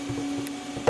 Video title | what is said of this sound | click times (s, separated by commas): Camaro Hood and Trunk Shock Covers install | but you want to get it back into the slots, stretch it all the way back around until it snaps into place, | 0.5 s, 0.9 s